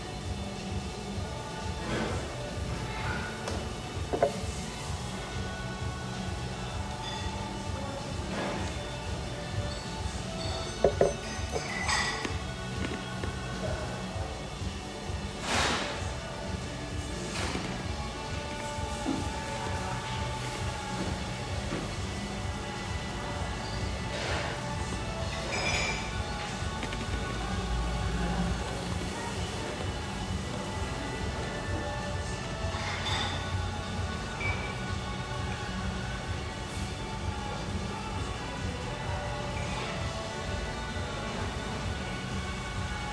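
Steady hum of an espresso house: a dense, low murmur of voices runs throughout without a break. Frequent clinks and clatter of cups and dishes cut through at irregular moments, with a sharp, louder knock around eleven seconds.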